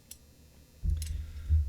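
A 5/32-inch hex wrench turns the tension collar clockwise on a Stanley full mortise spring hinge (SDRD2068, 4x4, 9375 ST4C) on a closed door, held close to the microphone. Sharp ratchet detent clicks sound at 0.1 s and 1.0 s over low rumbling handling noise as the spring torque steps up. Each click marks the collar seating into its next detent.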